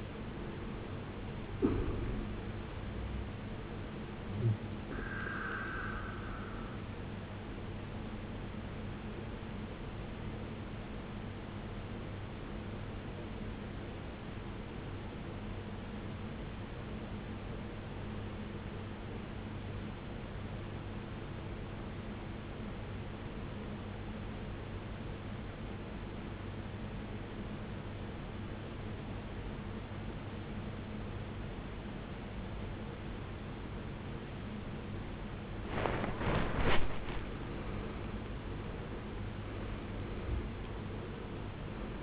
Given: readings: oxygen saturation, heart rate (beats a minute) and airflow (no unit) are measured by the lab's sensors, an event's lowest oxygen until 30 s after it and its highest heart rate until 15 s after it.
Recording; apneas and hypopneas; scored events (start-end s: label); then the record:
breathing in sleep by a voice recorder at the bedside; 1
12.00-33.30 s: obstructive apnea (N2, oxygen 94% highest, then 79% lowest, heart rate 61 at the start, 76 highest)
From the record:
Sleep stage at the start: N2 (light sleep); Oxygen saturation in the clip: 83 to 94%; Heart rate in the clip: 58 to 76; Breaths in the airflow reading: 4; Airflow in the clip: -18.0 to 17.2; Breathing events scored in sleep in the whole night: 389 in 6.3 hours asleep